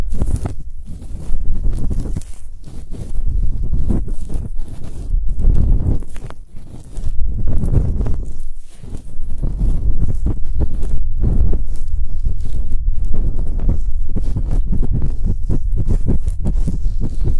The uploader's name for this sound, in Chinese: 用各种棒棒清洁你的耳朵